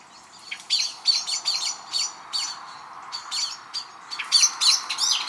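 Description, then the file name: Common blackbird giving insistent sharp chinking notes, irregular and sometimes doubled, over a low steady background hum. "Turdus merula"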